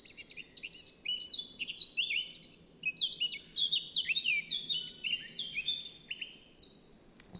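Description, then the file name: Eurasian blackcap singing a rich, fast warble of fluty, slurred notes that tumble up and down, running continuously throughout with a faint low background hum. "Sylvia atricapilla"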